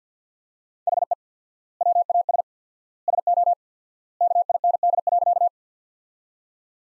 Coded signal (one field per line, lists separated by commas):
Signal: Morse code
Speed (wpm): 50 wpm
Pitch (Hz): 700 Hz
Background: none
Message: HE WAS SO KIND.